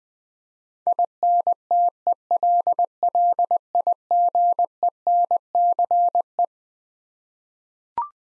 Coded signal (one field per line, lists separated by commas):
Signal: Morse code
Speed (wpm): 20 wpm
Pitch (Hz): 700 Hz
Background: none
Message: INTELLIGENCE